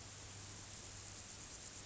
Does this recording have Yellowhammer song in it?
no